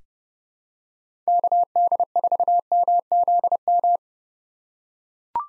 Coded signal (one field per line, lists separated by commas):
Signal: Morse code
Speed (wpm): 32 wpm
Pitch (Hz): 700 Hz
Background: none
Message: KD4MZM